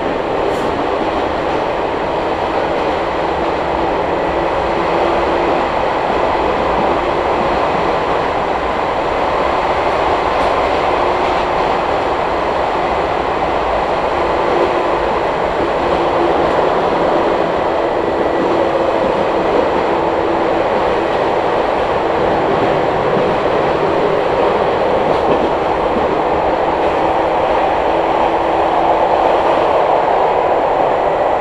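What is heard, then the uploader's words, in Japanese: A ride aboard the Izuhakone Railway Daiyuzan Line train from Odawara toward Daiyuzan, with a steady, dense rumble of the moving car throughout. Faint tonal whines hum under the roar, and brief clacks at about 1 and 25 seconds break the otherwise even sound. 伊豆箱根鉄道 大雄山線 小田原→大雄山。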